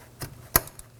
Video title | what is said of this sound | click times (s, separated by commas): How to Replace Vapor Canister 2015-2024 Nissan Murano | You can hear and feel it lock into place. | 0.6 s